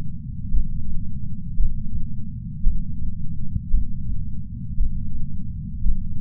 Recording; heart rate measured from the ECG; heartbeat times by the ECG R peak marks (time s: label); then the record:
heart sounds by patch sensor on the chest; 56 bpm
0.50 s: heartbeat
1.56 s: heartbeat
2.63 s: heartbeat
3.70 s: heartbeat
4.76 s: heartbeat
5.82 s: heartbeat
From the record:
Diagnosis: coronary artery disease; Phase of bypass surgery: intraoperative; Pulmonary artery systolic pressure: 30 mmHg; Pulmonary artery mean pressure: 21 mmHg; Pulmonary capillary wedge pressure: 19 mmHg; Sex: male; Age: 57 years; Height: 183 cm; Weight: 85 kg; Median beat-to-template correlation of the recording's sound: 0.88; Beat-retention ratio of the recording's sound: 1.00